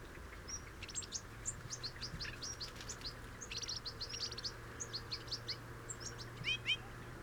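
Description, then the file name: European goldfinch twittering: quick bright chirps and liquid high notes in bursts, over a steady low hum. "Carduelis carduelis"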